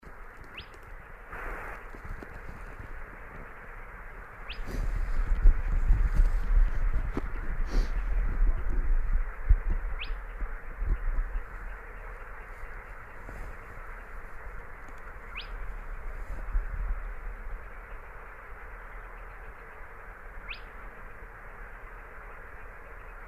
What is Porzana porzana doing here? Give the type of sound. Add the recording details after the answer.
song. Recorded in the wild. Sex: male. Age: adult. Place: Teerofenbrücke, Nationalpark Unteres Odertal, Brandenburg, DE. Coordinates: 53.1311, 14.3517. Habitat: wetland. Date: 2013-05-04 22:26. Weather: clear, windless, 5°C. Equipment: Sound Devices 702, Sennheiser MKH 70, Rycote Windschutz. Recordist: Frommolt, Karl-Heinz